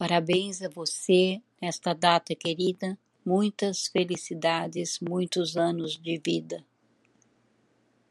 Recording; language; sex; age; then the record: short text; Brazilian Portuguese; female; 70 to 79 years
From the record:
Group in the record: control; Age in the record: 74 years